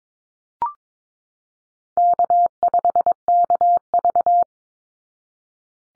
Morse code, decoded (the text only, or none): K5KV